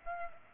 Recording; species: mosquito wingbeat signal from an infrared sensor; Aedes aegypti